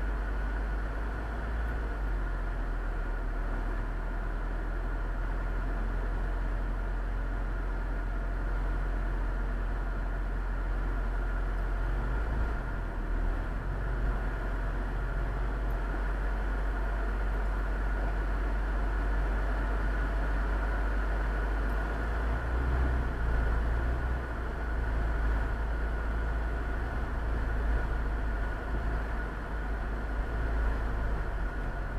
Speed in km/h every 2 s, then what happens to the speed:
0, 0, 0, 0, 0, 0, 2, 4, 2, 0, 1, 2, 3, 4, 5, 6.
0-22 standing.